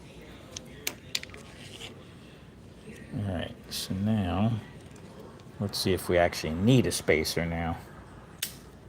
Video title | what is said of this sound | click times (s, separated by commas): Slot Car Garage is live! | Oh, I like how that snapped right in that time. | 8.4 s